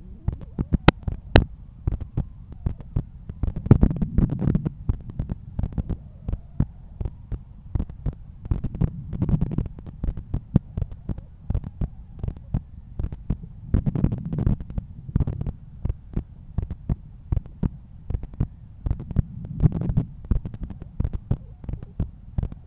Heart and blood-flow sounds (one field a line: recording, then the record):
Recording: heart sounds by stethoscope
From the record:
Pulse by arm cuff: 86 bpm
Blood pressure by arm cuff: 138/86 mmHg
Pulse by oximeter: 83 bpm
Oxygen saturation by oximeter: 97%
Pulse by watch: 99 bpm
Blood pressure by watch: 123/80 mmHg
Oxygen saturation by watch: 95%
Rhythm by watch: sinus rhythm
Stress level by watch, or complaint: low stress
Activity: after 5 min smoking and coffee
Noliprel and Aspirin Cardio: after pills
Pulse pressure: 52 mmHg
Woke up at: 7:30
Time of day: 8:57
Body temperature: 36.4 C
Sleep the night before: 8 h 32 min, score 78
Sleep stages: REM 32%, light 50%, deep 12%, awake 6%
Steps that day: 9500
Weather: sunny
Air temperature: 15.6 C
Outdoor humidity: 83%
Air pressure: 1014 hPa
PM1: 15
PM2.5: 19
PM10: 35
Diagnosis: hypertension, treated with Noliprel and Aspirin Cardio 100 mg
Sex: male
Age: 53 years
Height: 174 cm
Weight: 81 kg